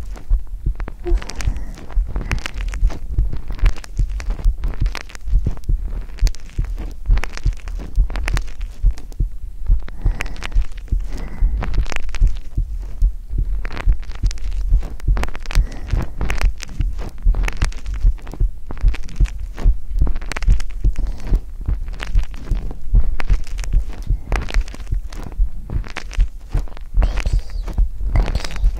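A calming, normal heartbeat heard on bare skin, picked up with a black 3Dio binaural microphone.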